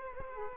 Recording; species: mosquito wingbeat signal from an infrared sensor; Culex quinquefasciatus